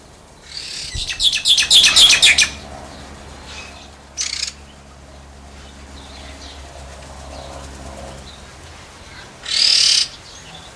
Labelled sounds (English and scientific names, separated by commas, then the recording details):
Red-tailed Laughingthrush (Trochalopteron milnei) call
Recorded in captivity
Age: adult
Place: Zoo Berlin, Berlin, DE
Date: 1999-07-28 16:58
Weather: fair, 24-26°C
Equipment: Sony WM-D6C, Sennheiser ME 80, Kopie Uher 4000 Report Monitor
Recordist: Tembrock, Günter